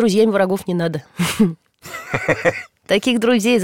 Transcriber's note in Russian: Смеются